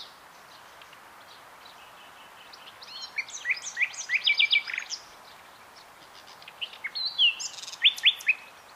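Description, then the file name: Common nightingale song: silence, then two rich phrases of varied chirps, sweeps and sharp high notes, one around three seconds in and another near seven seconds. "Luscinia megarhynchos"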